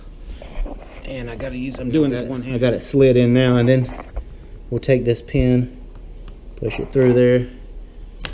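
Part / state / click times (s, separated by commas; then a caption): fin retaining pin into paddle board fin box / seated / 8.2 s. Someone talks while sliding a fin into the single fin box of an Aqua Marina Monster inflatable SUP paddle board, then pushes the plastic retaining pin through the box. A single sharp snap at 8.3 s marks the pin locking into place, and the fin is seated.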